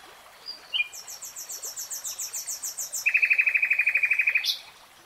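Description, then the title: Nightingale song: a couple of short notes, then a long run of evenly repeated high notes, followed by a louder, lower rapid trill ending with a sharp flourish. Nightingale singing, in a 3-hour real-time recording. "[Tiếng chim hót] 3 Hours REALTIME Nightingale Singing"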